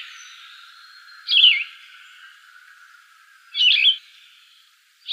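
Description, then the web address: Yellow-throated vireo giving two hoarse, slurred song phrases about two seconds apart, each sliding downward, followed by the start of a third. "Shrikes Vireos YTVI. deviche"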